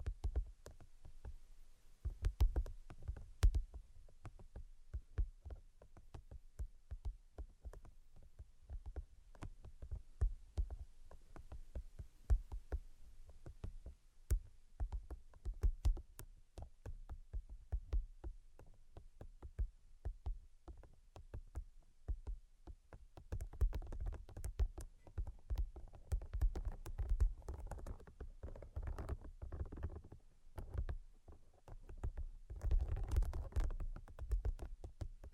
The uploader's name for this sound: Brain Penetrating 3D Tapping